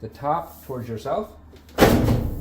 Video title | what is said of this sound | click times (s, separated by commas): Fixing A Whirlpool/Maytag Washer That Is Leaking From Underneath! | you'll hear a click. And then after that, you can just pull up on it and it should come out. | 1.7 s